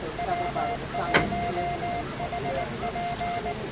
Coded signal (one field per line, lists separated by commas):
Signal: Morse code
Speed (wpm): 19 wpm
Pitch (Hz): 700 Hz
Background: speech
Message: W1HP